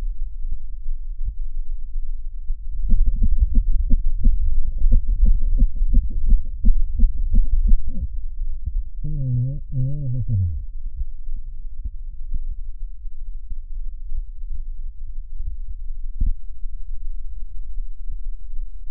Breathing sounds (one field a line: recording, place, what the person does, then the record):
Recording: lung sounds by stethoscope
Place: right posterior basal chest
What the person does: quiet breathing, then cough and speech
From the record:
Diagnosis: COPD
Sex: male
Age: 70 years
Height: 183 cm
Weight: 116 kg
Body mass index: 34.6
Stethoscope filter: bell mode